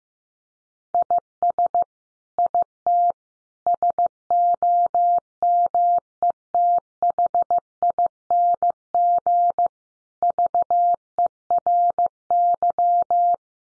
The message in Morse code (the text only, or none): IS IT SOMETHING VERY